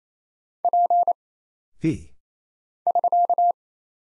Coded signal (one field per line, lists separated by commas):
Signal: Morse code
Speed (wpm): 27 wpm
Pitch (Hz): 700 Hz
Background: none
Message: P <SK>